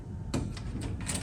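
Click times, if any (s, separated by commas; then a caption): 0.3 s. On a second try, a key is turned under pressure in the metal lock cylinder of a Snap-on toolbox lock housing until the plug clicks into its release position with a sharp final click at 0.3 s. Softer metallic clicks and rattles follow around 0.6 s, 1.0 s and 1.1 s, and the lock is released.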